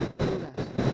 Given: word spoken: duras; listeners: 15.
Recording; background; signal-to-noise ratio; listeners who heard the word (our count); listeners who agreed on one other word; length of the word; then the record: one Spanish word in noise, from a listening test; noise modulated by one talker; -7.0 dB; 0 of 15; 15 of 15; 0.53 s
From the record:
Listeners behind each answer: 15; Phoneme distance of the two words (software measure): 10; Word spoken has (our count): 2 syllables, 5 phonemes, stress on syllable 1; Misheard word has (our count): 2 syllables, 5 phonemes, stress on syllable 1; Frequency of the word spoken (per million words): 19.57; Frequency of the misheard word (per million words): 50.58